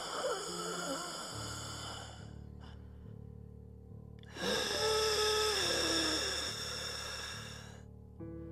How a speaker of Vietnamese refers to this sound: Cái này là cái tiếng người ta thở. Mà thở giống như là hả, đẩy hết trơn cái khí trong phổi ra thở một lần vậy đó. Trong cái tiếng đó nó có hơi khàn khàn, nó hơi đục đục mà nó nặng nặng nha.